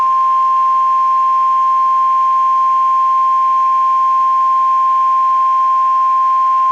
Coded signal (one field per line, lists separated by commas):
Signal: Emergency Alert System (SAME) tones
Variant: 1050 Hz attention tone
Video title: EAS 2061-2069 (9/21-9/28/22)